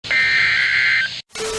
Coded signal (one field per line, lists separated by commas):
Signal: Emergency Alert System (SAME) tones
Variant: header bursts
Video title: Severe Thunderstorm Watch #94 on WXK52 (EAS Alert #105) - 4/08/20